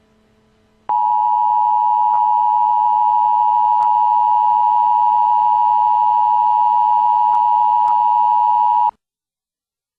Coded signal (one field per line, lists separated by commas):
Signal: Emergency Alert System (SAME) tones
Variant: 853 and 960 Hz attention tone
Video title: EAS tornado watch for florida.